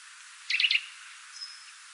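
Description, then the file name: Eurasian nuthatch call: one quick group of three sharp notes, followed by a faint thin whistle. "Sitta europaea"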